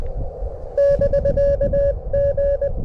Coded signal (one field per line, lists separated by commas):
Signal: Morse code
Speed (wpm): 20 wpm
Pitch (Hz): 1700 Hz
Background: none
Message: <BK> G